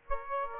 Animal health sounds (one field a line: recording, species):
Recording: mosquito wingbeat signal from an infrared sensor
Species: Aedes aegypti